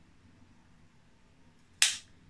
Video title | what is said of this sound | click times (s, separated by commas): HOW TO INJECT AMGEVITA (ADALIMUMAB) FOR INFLAMMATORY BOWEL DISEASE (IBD) I TIPS I THE GRUMBLING GUT | two clicks wait for five seconds | 1.8 s